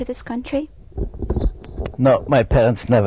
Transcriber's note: microphone noise